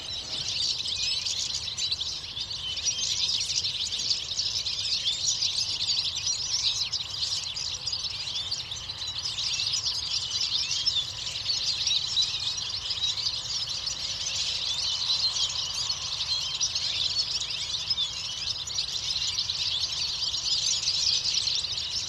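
A huge flock of goldfinches and serins chatters without pause, hundreds of high, twittering calls blending into a dense, bright wash. The chorus stays steady for the whole stretch, swelling slightly at times, over a low, constant rumble underneath.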